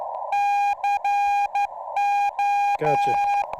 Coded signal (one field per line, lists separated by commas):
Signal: Morse code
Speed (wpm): 14 wpm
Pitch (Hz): 810 Hz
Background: speech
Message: CO